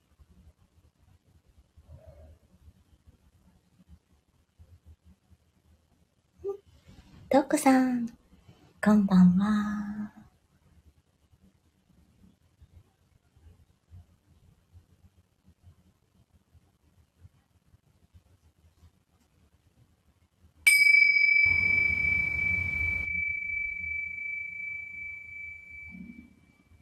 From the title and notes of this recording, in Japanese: メキシコから シンギングボウルのサウンドヒーリング ライブ。